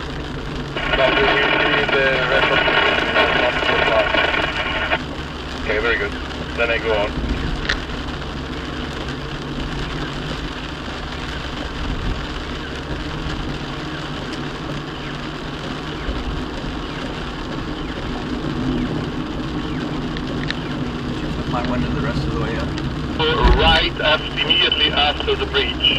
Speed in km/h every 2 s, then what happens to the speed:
44, 44, 40, 42, 39, 40, 40, 42, 45, 44, 42, 39, 39.
0-19 steady at about 42.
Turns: none.